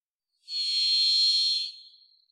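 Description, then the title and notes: Varied thrush song: one high, vibrating, buzzy whistle held for over a second, tapering off into a faint trailing tone. Song, Pacific Northwest, Washington, United States; parabolic single-species recording, processed for clarity with natural pace and rhythm maintained. "Varied Thrush, clean. Varied Thrush, Ixoreus naevius, song, parabolic single-species recording, processed for clarity, natural pace and rhthym maintained Recorded in the beautiful Pacific Northwest, Washington, United States"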